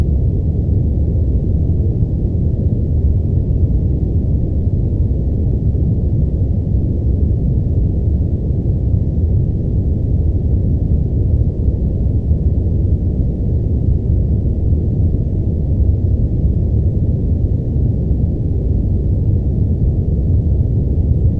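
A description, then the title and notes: Deep brown noise holds perfectly steady throughout, a dense, warm low rumble with the highs rolled off, soft and even without any change. DEEP BROWN NOISE. In brown noise, the lower frequencies are played louder and the higher frequencies are played softer, creating a deeper, warmer sound.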